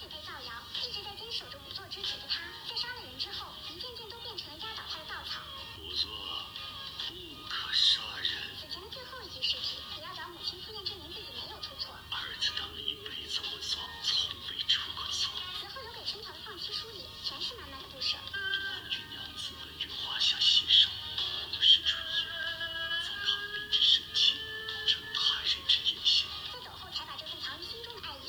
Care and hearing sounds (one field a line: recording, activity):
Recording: daily activity, guitar pickup as the sensor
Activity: browse video